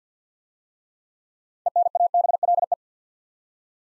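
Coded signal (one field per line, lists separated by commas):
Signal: Morse code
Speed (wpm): 48 wpm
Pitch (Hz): 700 Hz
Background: none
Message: ENABLE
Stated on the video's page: Six-letter words in Morse at 50wpm for head-copy practice; first three letters spoken, word sent, spoken, then sent again.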